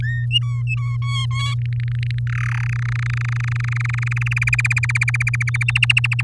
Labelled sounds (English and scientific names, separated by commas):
Domestic Canary (Serinus canaria) song